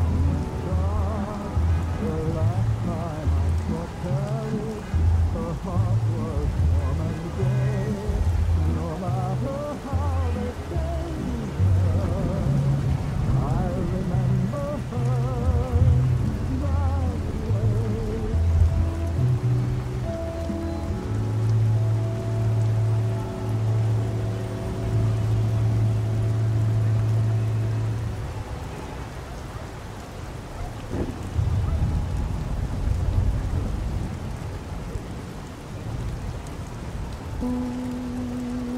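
Oldies music plays in another room while traffic noise drifts in through an open window. A busy bass line and melody fill the first twenty seconds, then long held notes follow until about 28 seconds. After a short lull the music resumes over a steady hiss.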